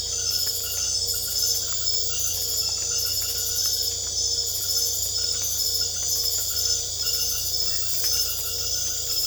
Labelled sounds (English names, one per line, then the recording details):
none
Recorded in secondary vegetation near Puerto Asís, Putumayo, Colombia, on 22 December 2024 at 21:00
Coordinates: 0.488, -76.319
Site GP04